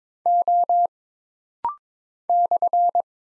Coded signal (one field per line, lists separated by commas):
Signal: Morse code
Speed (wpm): 22 wpm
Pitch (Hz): 700 Hz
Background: none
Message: O /